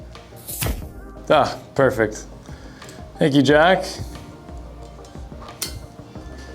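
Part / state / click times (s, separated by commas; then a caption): snap ring retaining a bearing in a lower control arm / seated / 5.6 s. A metal snap ring is pressed by hand, without snap ring pliers, into its groove to hold the spherical bearing in the lower control arm of a WRX angle kit, while someone talks. One sharp metallic snap is heard at 5.6 s, and the ring is seated in the groove.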